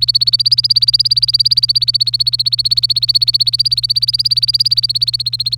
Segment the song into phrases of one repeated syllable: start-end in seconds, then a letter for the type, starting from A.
0.01-5.57 A